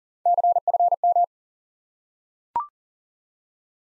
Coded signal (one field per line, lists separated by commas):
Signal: Morse code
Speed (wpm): 37 wpm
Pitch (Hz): 700 Hz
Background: none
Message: CFM